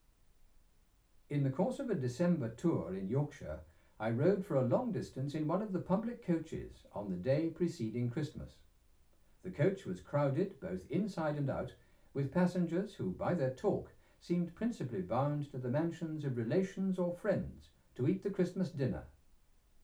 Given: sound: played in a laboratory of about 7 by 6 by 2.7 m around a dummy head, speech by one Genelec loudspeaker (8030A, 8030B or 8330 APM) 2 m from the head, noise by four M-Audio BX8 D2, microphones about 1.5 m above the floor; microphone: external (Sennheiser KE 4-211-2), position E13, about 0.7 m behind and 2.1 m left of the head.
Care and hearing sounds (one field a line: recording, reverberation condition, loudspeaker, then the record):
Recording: male speech in English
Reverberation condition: low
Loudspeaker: 60 degrees to the left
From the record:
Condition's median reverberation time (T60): about 310 ms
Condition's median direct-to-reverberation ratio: about 3.5 dB